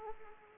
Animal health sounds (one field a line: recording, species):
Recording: mosquito wingbeat signal from an infrared sensor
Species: Anopheles arabiensis